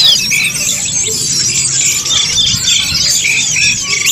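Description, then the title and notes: Birds singing in a dense, continuous chorus of overlapping high chirps, whistles and squeaky notes over a steady low hiss. Birdsong for training pet birds. "Suara Kicauan Burung untuk memaster burung kesayangan"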